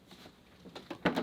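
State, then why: Seated. The magnetic front lid panel of a Winix air purifier is put back onto the housing over the filter, with soft taps at about 0.8 and 0.9 s. At 1.1 s it snaps on with one sharp, louder click and stays seated in place.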